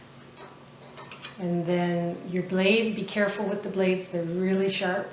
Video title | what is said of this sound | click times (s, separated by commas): Spiralizing vegetables: How to use a KitchenAid mixer spiralizer attachment and Starfrit spiralizer | you're going to put it on and just twist until you hear a click | 1.0 s, 1.1 s